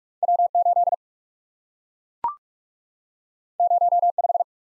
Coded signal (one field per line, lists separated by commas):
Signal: Morse code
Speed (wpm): 44 wpm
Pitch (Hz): 700 Hz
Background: none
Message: W 8 0 5